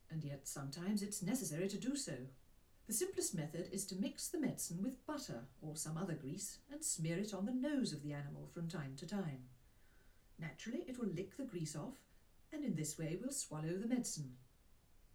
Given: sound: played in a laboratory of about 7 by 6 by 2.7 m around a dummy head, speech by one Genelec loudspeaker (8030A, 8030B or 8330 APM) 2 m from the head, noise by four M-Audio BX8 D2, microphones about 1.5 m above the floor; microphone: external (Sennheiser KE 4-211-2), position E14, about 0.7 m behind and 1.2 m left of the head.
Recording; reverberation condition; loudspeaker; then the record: female speech in English; low; 30 degrees to the right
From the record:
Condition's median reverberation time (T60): about 310 ms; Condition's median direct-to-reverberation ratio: about 3.5 dB